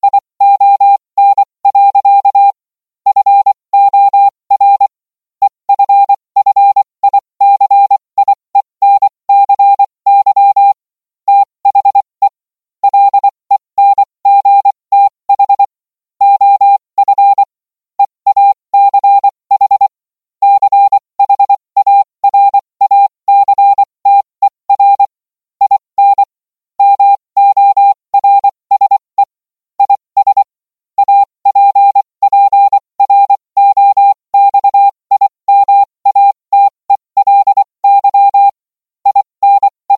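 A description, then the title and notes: Morse code beeps in a steady pure tone, keyed on and off in quick, irregular dots and dashes for the whole forty seconds. The tone is mid-pitched with faint higher overtones, clean, with silent gaps between letters and no background noise. Morse Code.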